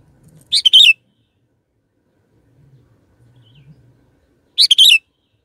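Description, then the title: Sooty-headed bulbul, two brief bright phrases about four seconds apart, with a faint low hum between them. "Kutilang"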